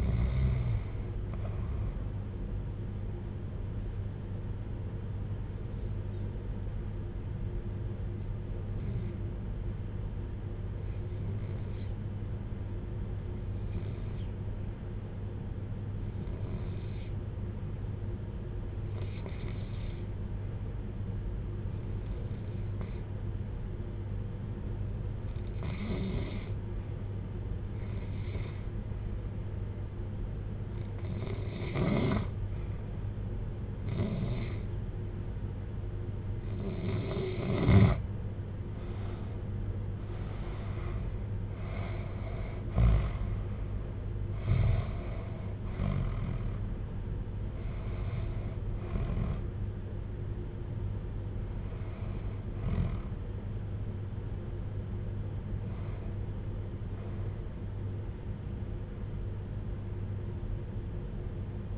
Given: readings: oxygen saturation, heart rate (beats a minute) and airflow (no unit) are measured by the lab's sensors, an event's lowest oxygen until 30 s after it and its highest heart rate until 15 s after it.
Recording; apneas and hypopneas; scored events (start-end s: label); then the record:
breathing in sleep by a smartphone at the bedside; 1
8.00-39.10 s: hypopnea (REM, oxygen 94% highest, then 83% lowest, heart rate 58 at the start, 71 highest)
From the record:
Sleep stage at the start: REM sleep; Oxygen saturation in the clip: 83 to 94%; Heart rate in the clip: 48 to 71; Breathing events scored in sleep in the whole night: 310 in 8.1 hours asleep